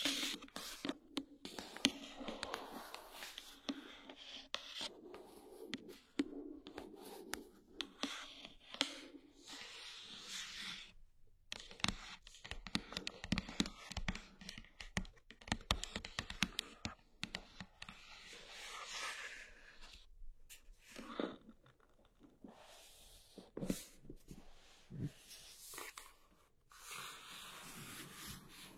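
Object trigger sounds: dense tapping, crinkling and scratching with many quick bright clicks. The handling is busy and irregular, with brief pauses near 11, 21 and 26 seconds before the tapping picks up again.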